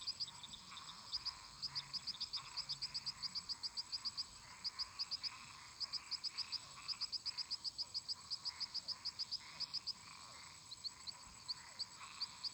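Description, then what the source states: Frogs and toads: frogs calling together: rapid high clicking notes in quick bursts over a steady droning chorus and a thin constant high tone. Many toads and frogs calling in a marsh.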